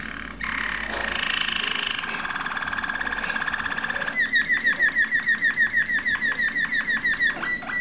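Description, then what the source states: Waterslager canary song: a long buzzy rolling tour, then a steady run of quick repeated whistled notes. Breed also called Malinois.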